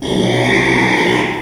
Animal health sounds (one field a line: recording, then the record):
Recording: squeal of a Yucatan mini pig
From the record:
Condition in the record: after surgery on the right vocal fold (resection and tissue-engineered implant)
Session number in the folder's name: 1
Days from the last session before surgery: 6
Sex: male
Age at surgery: 12 weeks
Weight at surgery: 13 kg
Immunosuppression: cyclosporine, prednisolone